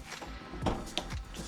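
A cabin TV on a swivel mount, which can be popped off and turned toward the lounge, is pushed back into its normal position against its wall bracket. A dull knock around 0.7 s is followed by a sharp, fast-decaying click at 1.0 s as the mount latches back into place.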